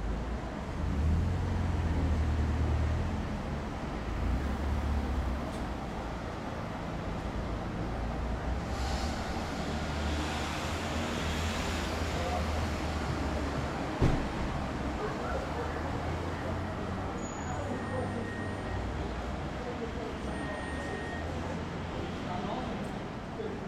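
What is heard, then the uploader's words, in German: Life at a train station: a steady wash of crowd noise and indistinct voices over a low rumble of engines. Around fourteen seconds a sharp knock stands out, and near the end faint high tones ring briefly above the bustle. Bahnhofleben.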